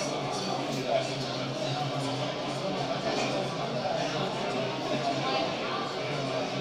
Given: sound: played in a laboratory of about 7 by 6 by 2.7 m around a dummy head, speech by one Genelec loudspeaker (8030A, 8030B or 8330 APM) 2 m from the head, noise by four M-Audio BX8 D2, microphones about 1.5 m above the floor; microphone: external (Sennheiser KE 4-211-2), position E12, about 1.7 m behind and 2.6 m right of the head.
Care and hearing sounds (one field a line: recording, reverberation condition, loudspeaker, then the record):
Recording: cafeteria noise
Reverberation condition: medium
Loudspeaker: four, about 170 cm from the corners of the room and facing them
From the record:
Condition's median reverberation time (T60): about 510 ms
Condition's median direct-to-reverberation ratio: about -0.5 dB